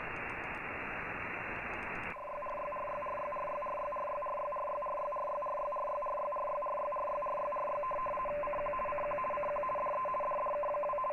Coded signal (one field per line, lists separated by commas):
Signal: RTTY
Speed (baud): 50 baud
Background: radio noise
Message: YRYRYRYRYRYRYRYRYRYRYRYRYRYRYRYRYRYRY CQ CQ CQ DE DDK2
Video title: Nooelec V5 RTL SDR vs SDRplay RSP2pro ► Kurzwelle Shortwave